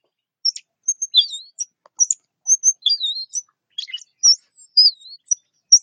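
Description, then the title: Orange-headed thrush song: scattered high whistles and wavering slurred notes, each short, delivered in an irregular, varied sequence. "Anis Merah"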